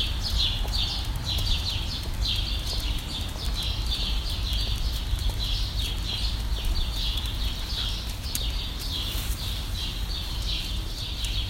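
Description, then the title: Birds chirping densely, bright high notes tumbling almost without pause throughout, above a steady low rumble. "Birds Chirping Meditation"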